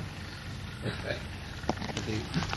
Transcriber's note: laughs